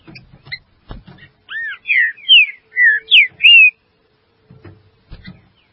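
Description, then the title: Green-winged saltator singing one full phrase of six or so loud, looping whistles, framed by a few dull knocks. "Trinca Ferro"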